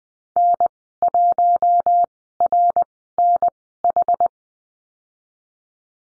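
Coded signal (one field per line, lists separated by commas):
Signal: Morse code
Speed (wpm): 20 wpm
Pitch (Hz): 700 Hz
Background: none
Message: N1RNH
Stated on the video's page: Morse lesson on the letter D in call signs, Farnsworth spacing 20/10 wpm.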